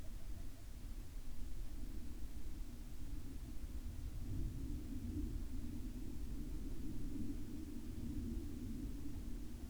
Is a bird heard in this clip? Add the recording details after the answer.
yes. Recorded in the Arctic National Wildlife Refuge, Alaska, on 3 August 2019 at 02:05. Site 41